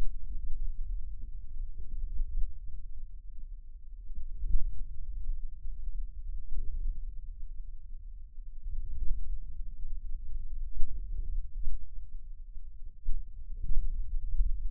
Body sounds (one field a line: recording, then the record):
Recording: forearm muscle sounds (acoustic myography)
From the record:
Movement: hand closing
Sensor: system 2, bracelet of six BSWA MPA416 microphones around the upper forearm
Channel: 1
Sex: male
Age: 22 years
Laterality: right